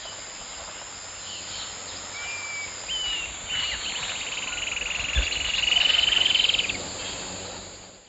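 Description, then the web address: White-eared jacamar call: a few thin whistled notes, then a quick even rattle of high notes that swells and fades, over constant insect drone. Recorded in the eastern lowlands of South America. "Natures Songs S America Eastern Lowlands White-eared Jacamar"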